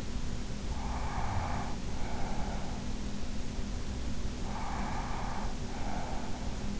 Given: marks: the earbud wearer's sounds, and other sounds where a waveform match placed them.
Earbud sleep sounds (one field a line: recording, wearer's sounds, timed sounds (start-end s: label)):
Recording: sounds in sleep by an in-ear microphone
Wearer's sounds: breath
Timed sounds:
0.63-2.92 s: breath
4.35-6.57 s: breath